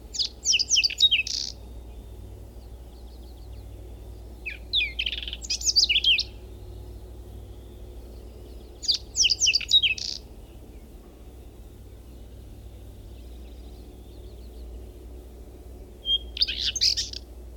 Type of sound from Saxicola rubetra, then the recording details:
song. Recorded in the wild. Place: Linum, Brandenburg, DE. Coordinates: 52.759, 12.876. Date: 1971-05-03. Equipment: Nagra III BH, Sennheiser MD 21, parabola. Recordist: Schubert, Michael